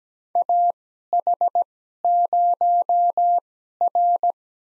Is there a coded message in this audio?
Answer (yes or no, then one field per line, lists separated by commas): yes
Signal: Morse code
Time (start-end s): 0.4-4.3 s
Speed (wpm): 17 wpm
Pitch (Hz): 700 Hz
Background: none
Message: AH0R